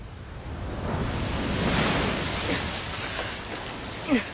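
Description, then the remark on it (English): Ocean swell crawls and drags over flat, tilting rocks below a steep, narrow ledge in a continuous, hissing rush that swells gently and then eases, ending with a brief sharper splash. No voices are heard. “On the ocean side, a chasm of empty air pulls at him. The swell crawls and drags over flat, tilting rocks below.”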